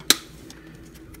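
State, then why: Seated. The lower foot of a transforming robot figure is pushed up on small sliders on its leg, and a sharp, bright click is heard at 0.1 s as the slider locks into place. Two much fainter ticks follow at about 0.5 s and 1.2 s over quiet background.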